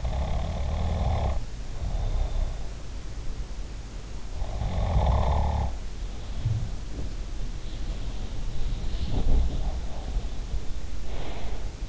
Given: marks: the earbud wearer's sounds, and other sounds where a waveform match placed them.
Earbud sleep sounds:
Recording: sounds in sleep by an in-ear microphone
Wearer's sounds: snoring breath, breath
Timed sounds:
0.00-2.74 s: snoring breath
4.43-7.13 s: snoring breath
6.40-7.13 s: sound from someone else or the room
8.91-11.89 s: breath
8.97-10.50 s: sound from someone else or the room

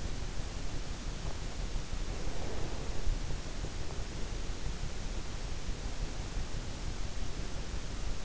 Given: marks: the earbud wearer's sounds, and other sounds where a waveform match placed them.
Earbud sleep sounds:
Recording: sounds in sleep by an in-ear microphone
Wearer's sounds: breath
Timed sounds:
2.02-3.20 s: breath

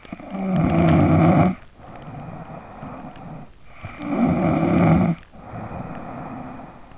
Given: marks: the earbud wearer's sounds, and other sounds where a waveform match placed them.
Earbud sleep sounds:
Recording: sounds in sleep by an in-ear microphone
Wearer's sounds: snoring breath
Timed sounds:
0.00-6.86 s: snoring breath

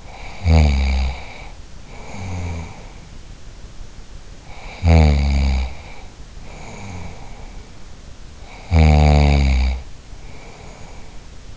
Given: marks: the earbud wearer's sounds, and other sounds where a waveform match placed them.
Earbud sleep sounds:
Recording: sounds in sleep by an in-ear microphone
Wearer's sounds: snoring breath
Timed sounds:
0.00-2.97 s: snoring breath
4.26-7.71 s: snoring breath
8.22-11.57 s: snoring breath

